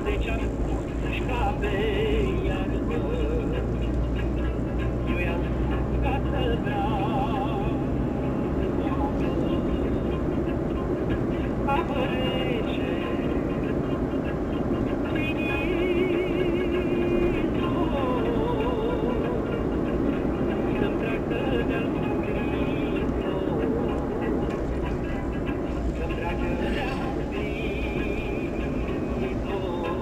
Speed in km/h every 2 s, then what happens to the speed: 50, 51, 54, 59, 61, 65, 68, 69, 70, 70, 69, 67, 63, 63, 64.
0-15 speeds up to 70. 19-24 slows to 63. 24-30 steady at about 63.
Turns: none.